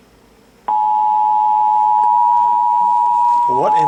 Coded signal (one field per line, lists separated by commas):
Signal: Emergency Alert System (SAME) tones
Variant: 853 and 960 Hz attention tone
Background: speech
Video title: 2019 EAS Alert Compilation: January - March